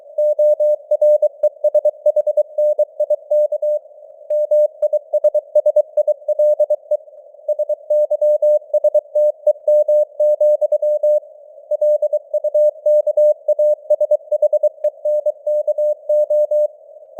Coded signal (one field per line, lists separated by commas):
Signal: Morse code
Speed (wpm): 23 wpm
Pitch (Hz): 600 Hz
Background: none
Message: ORESHNIK MISSILE SYSTEM, LUKASHENKO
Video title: Morse Code News | 2025-12-19 | 23wpm